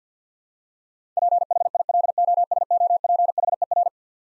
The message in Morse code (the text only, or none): PHILOSOPHER